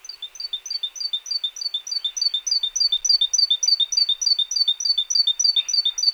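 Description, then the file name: Great tit rapid repeated three-note phrases, high and sharp, running steadily throughout. "Parus major"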